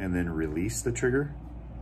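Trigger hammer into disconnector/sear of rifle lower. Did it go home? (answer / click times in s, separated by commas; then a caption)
no / none. Someone talks while handling the trigger and hammer of a rifle lower, holding the trigger back and forcing the hammer back into the disconnector before releasing the trigger so the hammer moves onto the sear. Only speech is heard, over a faint steady background hum. Nothing has clicked or seated yet when the clip ends.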